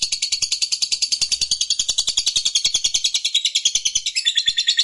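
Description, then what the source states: Lovebird song: a fast, steady run of high, buzzy chattering notes without pause. Fighter lovebird, described as gacor, singing energetically.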